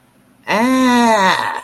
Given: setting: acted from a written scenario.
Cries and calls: vocal sound without words; distress

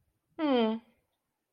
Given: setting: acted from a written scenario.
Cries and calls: vocal sound without words; neutral

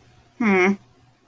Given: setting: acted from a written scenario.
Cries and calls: vocal sound without words; neutral

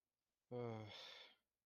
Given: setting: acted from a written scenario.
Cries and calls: vocal sound without words; disappointment

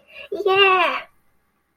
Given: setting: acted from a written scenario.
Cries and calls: vocal sound without words; elation

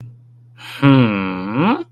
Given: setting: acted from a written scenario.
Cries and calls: vocal sound without words; interest

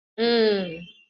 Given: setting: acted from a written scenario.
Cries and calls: vocal sound without words; neutral

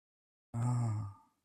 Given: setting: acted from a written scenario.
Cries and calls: vocal sound without words; romantic love

